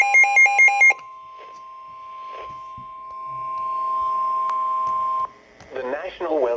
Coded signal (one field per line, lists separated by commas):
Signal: Emergency Alert System (SAME) tones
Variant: 1050 Hz attention tone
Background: speech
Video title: EAS #409: SMW-W